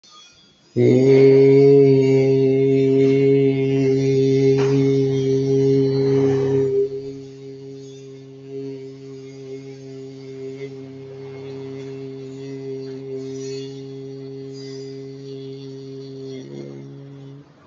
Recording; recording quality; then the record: sustained vowel as in beet; excellent, no background noise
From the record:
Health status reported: healthy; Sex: male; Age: 25 years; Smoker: no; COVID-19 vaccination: one dose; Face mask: not worn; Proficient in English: yes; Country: India